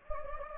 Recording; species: mosquito wingbeat signal from an infrared sensor; Anopheles gambiae